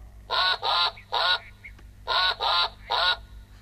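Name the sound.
duck quacking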